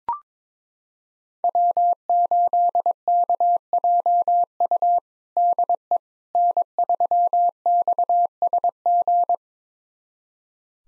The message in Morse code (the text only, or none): W8KJU DE N3XSG